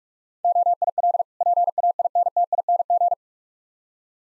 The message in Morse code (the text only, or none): OIL PAINTING